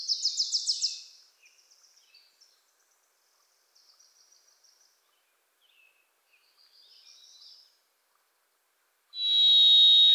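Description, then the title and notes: Varied thrush whistle starting at the very end and cut off, after a rapid chatter of sharp notes and faint, scattered high twitters. Varied Thrush visiting the recordist in a Pacific Northwest forest; voice likened to crying 'Listen. Listen. Listen.'; a Wilson's Warbler sings alongside; unmastered recording. "The Varied Thrush, Ixoreus naevius, is a wisp in the forests of the Pacific Northwest."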